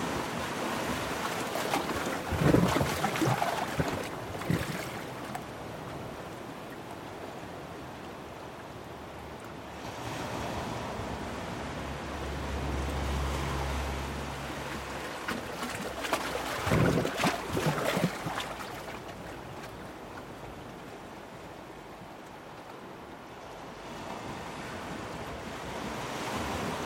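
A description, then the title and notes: Sea water surges into a small rocky hollow, filling it with churning, gurgling rushes that swell and fade. Sharper glugs and splashes hit around 2–5 seconds and again near 16–18 seconds, with a low steady rumble and wind beneath throughout. Coastal Hollow - Glugs. The water comes in, fills a little hollow area about 4 feet deep and two feet wide. The it drains out with a shlorky-wet "glurg-g-g-g-g".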